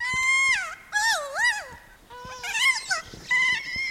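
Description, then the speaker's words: Kea warbling play calls, several wavering, bouncing whistled phrases that dip and rise, separated by brief pauses. Alpine parrot of New Zealand; warbling play call given while playing, like contagious laughter; hearing it made wild keas play harder and drew in birds that had not been playing. "When they're playing, keas produce a distinct warbling call, a play call, that sounds and functions much like contagious laughter in humans."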